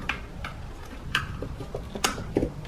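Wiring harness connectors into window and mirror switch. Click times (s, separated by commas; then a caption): 0.1 s, 1.2 s, 2.1 s. Plastic wiring harness connectors are pushed back into the window and side mirror switch assembly of a 2012–2019 Ford Focus door. Sharp clicks are heard at 0.1, 1.2 and 2.1 seconds, with fainter ticks between them, as the connectors snap and lock into place.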